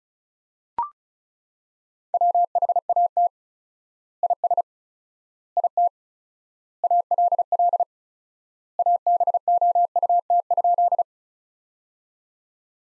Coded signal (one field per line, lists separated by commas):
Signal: Morse code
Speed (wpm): 36 wpm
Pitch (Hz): 700 Hz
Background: none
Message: WHAT IS IT ALL ABOUT?